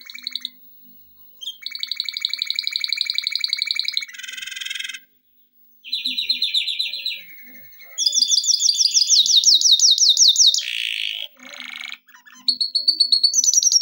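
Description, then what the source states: Canary song of varied rapid trills and buzzy tours broken by brief pauses, switching pitch between phrases. Canary song for training.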